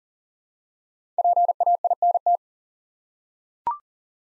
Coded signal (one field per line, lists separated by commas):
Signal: Morse code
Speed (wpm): 39 wpm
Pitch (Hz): 700 Hz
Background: none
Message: PAINT